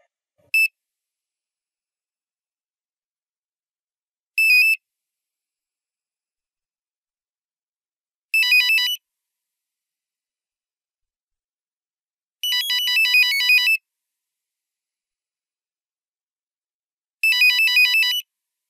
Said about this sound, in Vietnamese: Một hồi chuông điện thoại chói tai kéo tôi tỉnh giấc khỏi cơn mê. Tôi giơ tay lần tìm chiếc di động ở trên đầu giường,